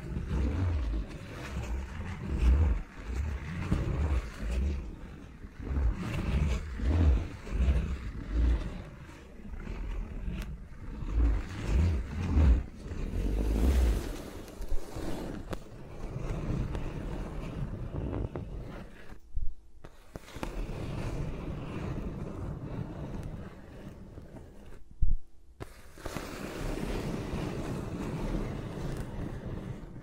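Fingers rub and tap around the microphones, making deep, muffled rumbles and windy brushing, with brief silent gaps near twenty and twenty-five seconds.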